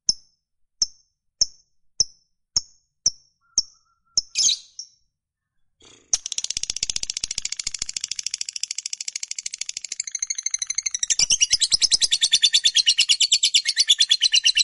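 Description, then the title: Lovebird opening with sharp single chips spaced evenly, then a brief scratchy burst, a pause, and a long rapid chatter that grows louder and denser toward the end. Fighter-type lovebird giving a long chatter, called ngekek panjang. "Suara Lovebird FIGHTER NGEKEK PANJANG"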